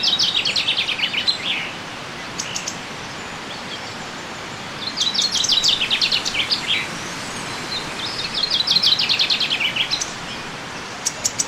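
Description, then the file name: Common chaffinch song: three descending trilled phrases separated by pauses, with a few faint high clicks. "Fringilla coelebs"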